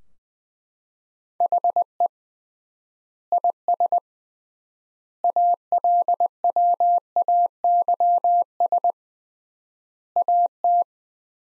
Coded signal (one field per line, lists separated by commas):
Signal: Morse code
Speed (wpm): 21 wpm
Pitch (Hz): 700 Hz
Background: none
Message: HE IS ALWAYS AT